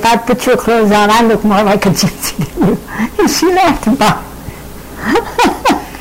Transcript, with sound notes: If I put your clothes on, I'd look more like a gypsy (laughing) then you." And she laughed about it.